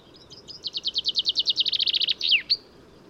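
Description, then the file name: Common chaffinch song: a rapid run of high notes speeding into a slightly lower trill, closing with a sharp flourish. "Fringilla coelebs"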